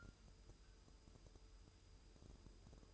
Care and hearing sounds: daily activity, microphone in the room; take from stove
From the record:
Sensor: 2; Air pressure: 988.1 hPa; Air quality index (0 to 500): 190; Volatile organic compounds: 182 ppm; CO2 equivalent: 4151 ppm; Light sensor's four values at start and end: 21/70/27/26 and 21/70/27/26

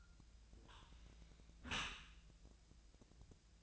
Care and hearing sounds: daily activity, microphone in the room; close dishwasher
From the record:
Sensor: 2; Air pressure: 1000.4 hPa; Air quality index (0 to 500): 168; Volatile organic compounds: 3 ppm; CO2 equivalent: 1390 ppm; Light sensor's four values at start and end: 11/31/12/14 and 11/31/12/14

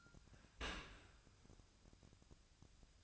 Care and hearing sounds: daily activity, microphone in the room; open dishwasher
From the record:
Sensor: 2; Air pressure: 1003.0 hPa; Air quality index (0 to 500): 199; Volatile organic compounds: 6 ppm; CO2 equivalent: 1891 ppm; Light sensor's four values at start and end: 14/33/14/15 and 14/33/14/15

